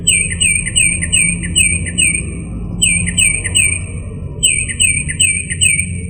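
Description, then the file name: Northern mockingbird song: runs of repeated downslurred notes, each phrase given several times in quick series before switching, over a low steady hum. "kicauan burung northern mockingbird. omkicau"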